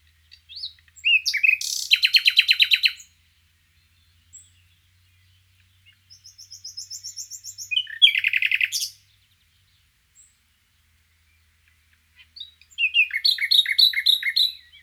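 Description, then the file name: Common nightingale song: three bursts of rich, fast repeated notes and trills, each phrase a few seconds long, with pauses of soft high notes between them. "Luscinia megarhynchos"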